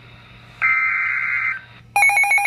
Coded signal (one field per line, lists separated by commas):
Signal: Emergency Alert System (SAME) tones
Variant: header bursts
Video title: EAS #103 - Severe Thunderstorm Warning